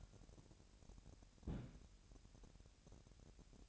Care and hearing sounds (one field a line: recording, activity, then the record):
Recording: daily activity, microphone in the room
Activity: place on stove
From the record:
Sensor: 2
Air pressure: 1011.9 hPa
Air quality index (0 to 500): 188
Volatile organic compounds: 3 ppm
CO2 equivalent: 1336 ppm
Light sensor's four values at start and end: 78/185/76/74 and 78/185/76/74